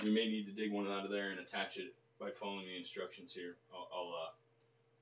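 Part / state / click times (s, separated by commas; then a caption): ribbon cable into printer board connector / not seated / none. A flat ribbon cable is handled before being pushed into its plastic connector on a Fokoos Odin 5 3D printer's board, while someone talks. Nothing has seated or clicked yet; the clip ends just before the connector pops in.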